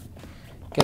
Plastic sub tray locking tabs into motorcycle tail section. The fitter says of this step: those little locking tabs to click in I don't know if you guys heard that but